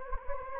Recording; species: mosquito wingbeat signal from an infrared sensor; Anopheles gambiae